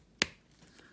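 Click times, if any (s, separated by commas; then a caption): 0.2 s. A plastic Marvel Legends Beast action figure's leg is pulled down at the hip joint to extend it, giving one sharp, bright click at 0.2 s that dies away quickly into a quiet background. The leg joint seats into its extended position.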